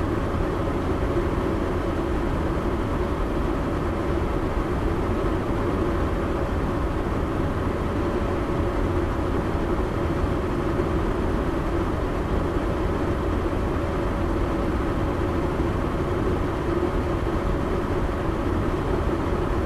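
Steady white noise runs unchanged for the whole clip, a dense, even hiss weighted toward a deep, low rumble, much like an engine or vehicle cabin. A faint, constant mid-pitched hum sits inside it, and the level never rises or falls.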